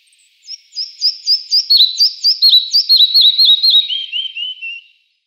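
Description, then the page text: Red-breasted flycatcher song: a fast run of many high, clear notes, several each second, stepping gradually lower in pitch toward the end. Recorded in Iran. "پرندگان ایران: مگس گیر سینه سرخ. مگس گیر سینه سرخ - صدا. Red-breasted Flycatcher"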